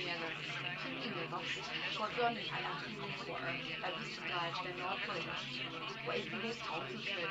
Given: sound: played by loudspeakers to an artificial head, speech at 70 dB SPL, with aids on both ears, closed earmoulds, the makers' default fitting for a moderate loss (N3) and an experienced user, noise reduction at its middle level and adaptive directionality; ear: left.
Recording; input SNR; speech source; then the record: speech test signal (ISTS) in cocktail-party noise; 0 dB; on the right (90 degrees)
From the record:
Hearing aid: class 1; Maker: F